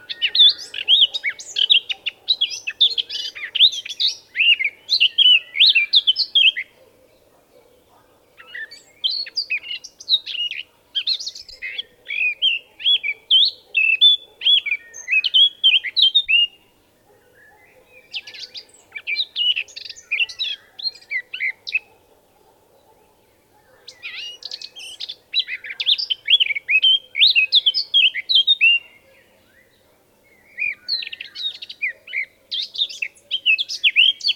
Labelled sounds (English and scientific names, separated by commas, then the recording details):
Eurasian Blackcap (Sylvia atricapilla) song
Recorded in the wild
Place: Sibiu, Transilvania, RO
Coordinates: 45.803, 24.145
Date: 1976-05-19 05:42
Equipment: Nagra III BH, Sennheiser MD 21, parabola
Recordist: Schubert, Michael